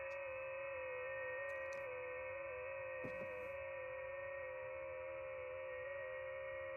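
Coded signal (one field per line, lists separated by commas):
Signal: FT8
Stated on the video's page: Live FT8 operation.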